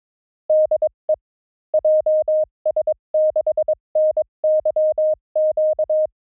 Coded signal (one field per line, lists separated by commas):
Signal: Morse code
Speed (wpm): 22 wpm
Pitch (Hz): 610 Hz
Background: none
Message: DE JS6NYQ